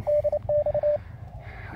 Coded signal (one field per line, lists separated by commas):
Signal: Morse code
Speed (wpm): 27 wpm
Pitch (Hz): 590 Hz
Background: none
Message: DX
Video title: Testing The Spiderbeam 12m Telescopic Fiberglass Antenna Mast.